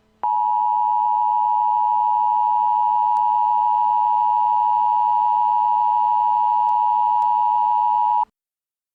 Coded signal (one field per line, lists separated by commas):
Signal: Emergency Alert System (SAME) tones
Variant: 853 and 960 Hz attention tone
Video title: EAS JCJenson Critical Mainframe Error (Mock Scenario)